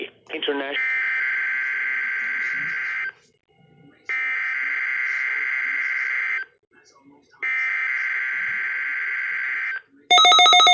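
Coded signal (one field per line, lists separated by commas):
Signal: Emergency Alert System (SAME) tones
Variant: header bursts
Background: speech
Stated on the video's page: Required Weekly Test from NOAA Weather Radio station KEC65, received on a Midland WR400 weather radio.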